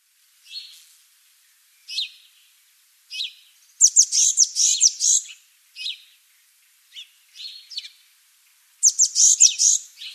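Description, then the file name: Eurasian blue tit giving scattered high, thin single notes, then harsh buzzy chattering bursts around four seconds and again near the end, with more single notes in between. "Cyanistes caeruleus"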